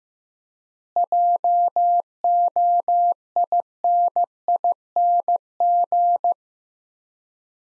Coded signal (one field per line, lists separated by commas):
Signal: Morse code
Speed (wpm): 15 wpm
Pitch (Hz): 700 Hz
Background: none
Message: JOINING